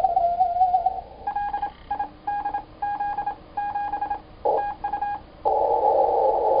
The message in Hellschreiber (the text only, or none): none